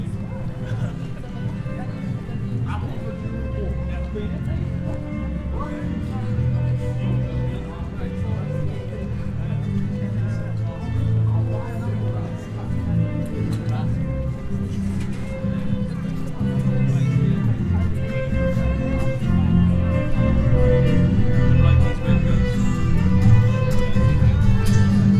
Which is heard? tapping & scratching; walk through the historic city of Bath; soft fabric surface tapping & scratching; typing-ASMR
walk through the historic city of Bath